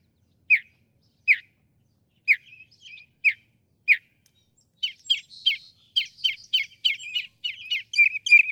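Northern mockingbird song: sharp chip notes repeated about once a second, then shifting into a fast run of varied chattering, twittering phrases.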